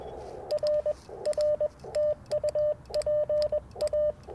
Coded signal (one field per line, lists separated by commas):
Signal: Morse code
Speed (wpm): 21 wpm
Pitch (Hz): 600 Hz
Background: radio noise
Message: R R TU PA